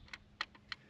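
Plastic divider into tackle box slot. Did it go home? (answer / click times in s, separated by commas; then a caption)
yes / 0.4 s. A plastic divider is pushed into a slot in a tackle box, where small nubs on its ends snap into holes in the box. A few light plastic ticks lead up to one sharp, bright click at 0.4 s, followed by a smaller tick and another crisp tap. The divider is seated and clicked into place, so firmly it won't come back out without flexing it apart.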